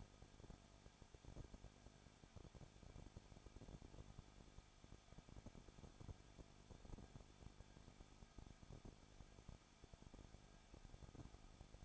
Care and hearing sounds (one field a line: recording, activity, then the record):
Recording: daily activity, microphone in the room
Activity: no activity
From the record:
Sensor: 5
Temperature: 20.9 degrees Celsius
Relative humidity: 35.1%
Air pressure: 994.7 hPa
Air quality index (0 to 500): 153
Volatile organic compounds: 2 ppm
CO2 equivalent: 1279 ppm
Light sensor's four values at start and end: 2/3/1/1 and 2/3/1/1